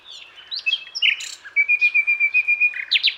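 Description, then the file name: Common nightingale song: varied whistled notes and chirps, then a fast rapid series of bright repeated notes, ending in sharp high phrases. "Luscinia megarhynchos"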